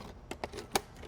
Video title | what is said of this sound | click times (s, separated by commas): iRobot Roomba i7 Plus Robotic Vacuum with Automatic Dirt Disposal on QVC | It snaps right in. | 0.8 s